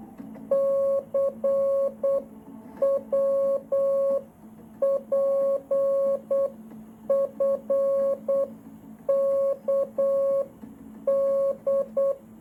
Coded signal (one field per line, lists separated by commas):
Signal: Morse code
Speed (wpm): 8 wpm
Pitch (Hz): 550 Hz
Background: none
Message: CWPFKD